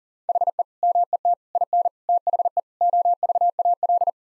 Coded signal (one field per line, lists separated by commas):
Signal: Morse code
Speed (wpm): 37 wpm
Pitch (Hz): 700 Hz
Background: none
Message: HE MET IN THE OVAL